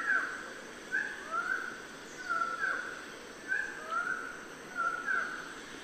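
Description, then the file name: Bird-of-paradise calls: short, bright slurred notes, some in pairs, repeated over a steady background hiss. "Canto-do-Pássaro-do-Paraíso"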